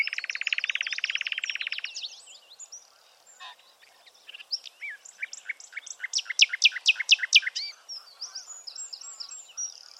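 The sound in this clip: Bird calls, opening with a rapid buzzy rattle, then a run of sharp repeated chirps and high whistled notes.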